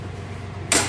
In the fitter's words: that will do that and cl click CL that clamps it to the toe ball